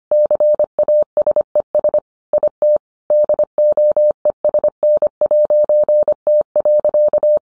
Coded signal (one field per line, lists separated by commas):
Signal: Morse code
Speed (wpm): 25 wpm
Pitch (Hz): 600 Hz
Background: none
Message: CASES IT DOESN'T.